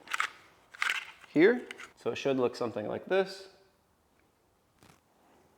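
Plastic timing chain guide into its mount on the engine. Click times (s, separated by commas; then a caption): 0.2 s, 0.8 s. A new plastic timing chain guide is pressed into its mount on a BMW N55 engine from a BMW F10, with the sprocket already on the chain. Sharp clicks are heard at 0.2 s and 0.8 s as the guide snaps into place, then someone talks. The guide is seated.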